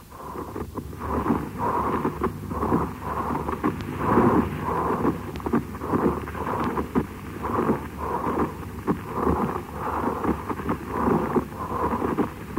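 Rhythmic, rough creaking bursts recurring with breathing over an adult chest: another variant of pleural friction rub, which may be heard with inflammation of the pleural layers (dry pleurisy), deposition of urea crystals on them in uremia, and tuberculous or cancerous involvement of the pleura.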